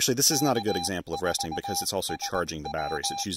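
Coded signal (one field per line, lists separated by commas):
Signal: Morse code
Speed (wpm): 20 wpm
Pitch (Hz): 800 Hz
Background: speech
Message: K4SW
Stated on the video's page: Park activation using a simple speaker wire antenna built on site.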